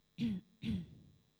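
Two short, soft coughs from an adult, about half a second apart, each a brief abrupt burst with a little throaty rasp. These are small, isolated coughs with no wheeze or rattle between them.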